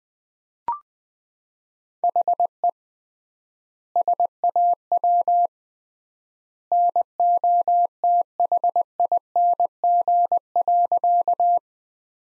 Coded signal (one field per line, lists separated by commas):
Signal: Morse code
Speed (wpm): 21 wpm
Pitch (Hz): 700 Hz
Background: none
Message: HE SAW NOTHING.